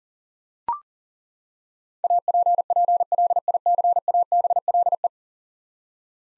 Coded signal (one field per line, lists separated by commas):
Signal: Morse code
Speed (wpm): 37 wpm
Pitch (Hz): 700 Hz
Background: none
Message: APPLICABLE